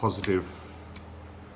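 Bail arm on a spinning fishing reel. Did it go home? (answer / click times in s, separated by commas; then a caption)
yes / 1.0 s. Someone talks briefly as the slightly stiff bail arm of a Shimano Sahara spinning fishing reel is flipped open. At 1.0 s it locks into the open position with a single sharp, positive click, confirming the bail has seated.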